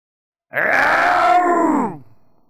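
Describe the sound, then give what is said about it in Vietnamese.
A single deep, rough growl from a large ape, lasting about a second and a half with a grunting, groaning quality before tapering off. No speech accompanies it. “Cự viên gầm nhẹ một tiếng”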